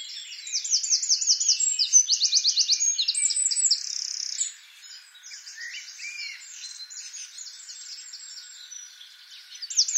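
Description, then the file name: Eurasian wren trilled song, a loud burst of rapid repeated notes in the first four seconds, then softer twittering and a new trill at the end. "Troglodytes troglodytes"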